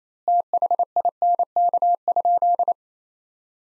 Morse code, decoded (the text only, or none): THINK?